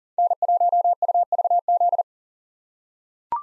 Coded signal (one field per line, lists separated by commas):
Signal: Morse code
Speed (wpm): 39 wpm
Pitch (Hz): 700 Hz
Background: none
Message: N1UVZ